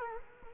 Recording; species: mosquito wingbeat signal from an infrared sensor; Culex quinquefasciatus